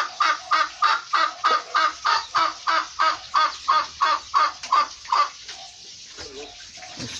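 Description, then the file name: Turkey giving a steady string of about fifteen harsh, raspy calls, roughly three a second, then falling quiet. "canto do peru"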